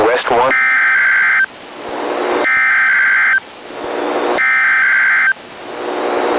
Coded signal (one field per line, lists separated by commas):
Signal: Emergency Alert System (SAME) tones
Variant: header bursts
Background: speech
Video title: KEC62 SGX Required Weekly Test Direct Audio 9/17/25 (EAS #66)